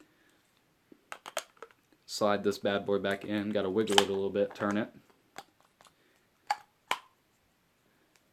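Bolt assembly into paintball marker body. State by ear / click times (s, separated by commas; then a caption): not seated / none. Someone talks while sliding the bolt assembly back into the body of a Proto Rail paintball marker, wiggling and turning it. Short sharp handling clicks and knocks come around 1.1–1.7 s and again near 5.4, 6.5 and 6.9 s. The bolt has not yet seated or clicked home.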